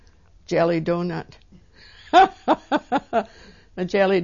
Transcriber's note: she laughs